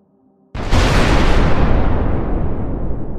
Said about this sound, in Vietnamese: Ầm một tiếng thật lớn, chờ khói bụi tan đi, 3 người tiến lên xem. Lưng tượng Phật bị thủng một lỗ, chỉ thấy đằng sau là một bí đạo tối đen.